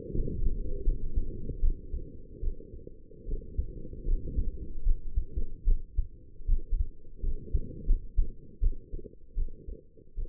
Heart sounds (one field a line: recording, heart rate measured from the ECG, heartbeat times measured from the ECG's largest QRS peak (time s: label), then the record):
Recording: heart sounds by stethoscope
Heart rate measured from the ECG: 78 bpm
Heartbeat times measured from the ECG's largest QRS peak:
0.12 s: heartbeat
0.83 s: heartbeat
1.60 s: heartbeat
2.40 s: heartbeat
3.25 s: heartbeat
4.05 s: heartbeat
4.83 s: heartbeat
5.64 s: heartbeat
6.46 s: heartbeat
7.21 s: heartbeat
7.86 s: heartbeat
8.60 s: heartbeat
9.34 s: heartbeat
10.15 s: heartbeat
From the record:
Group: healthy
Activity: cold pressor test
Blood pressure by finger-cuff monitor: 101/68 mmHg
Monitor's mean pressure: 78 mmHg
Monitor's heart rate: 78 bpm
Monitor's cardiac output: 5.5 L/min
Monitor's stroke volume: 70 mL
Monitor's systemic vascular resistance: 1030 dyn s/cm5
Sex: female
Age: 22 years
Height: 160 cm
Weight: 45 kg